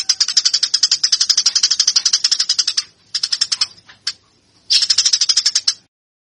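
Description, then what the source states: Eurasian tree sparrow chattering in rapid harsh chirps, starting with a long run, then shorter bursts, and ending in silence. Fighting (tarung) sounds of the tree sparrow (burung gereja).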